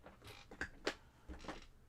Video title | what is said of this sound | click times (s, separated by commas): Thursday Night Stream! 10-3-24! | see if if I if I really shove it like if I go like that then it always Clicks in | 0.6 s